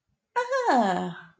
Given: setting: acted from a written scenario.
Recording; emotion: vocal sound without words; realization